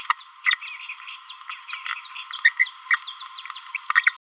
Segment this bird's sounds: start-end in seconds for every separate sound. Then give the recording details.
2.45-2.49, 3.75-3.77. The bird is a male. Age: 29 days. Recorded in a nest box in Venezuela. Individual 17B31A1